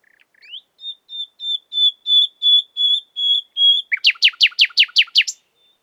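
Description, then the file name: Common nightingale song: a rising whistle, then a slow crescendo of about ten pure whistled notes on one pitch, ending in a rapid burst of harsh repeated chirps. "Luscinia megarhynchos"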